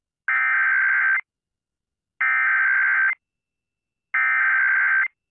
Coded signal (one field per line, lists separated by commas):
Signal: Emergency Alert System (SAME) tones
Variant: header bursts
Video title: WBAP-AM Activates the North Texas Emergency Alert System for an AMBER Alert (With EAS/Siren)